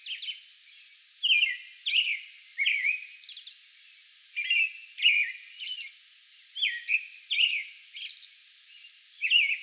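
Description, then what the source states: American robin singing loud, slurred whistled phrases in clusters of two or three, with thin high notes between them and short quiet gaps. Song bout recorded on May 11.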